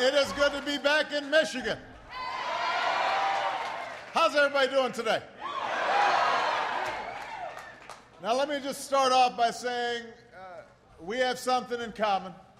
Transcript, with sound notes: It is good to be back in Michigan. (Applause.) How is everybody doing today? (Applause.) Now, let me just start off by saying we have something in common